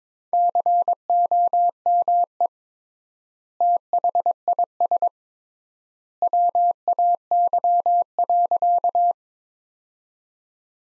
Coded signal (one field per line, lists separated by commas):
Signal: Morse code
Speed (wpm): 22 wpm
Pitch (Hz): 700 Hz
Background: none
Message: COME THIS WAY.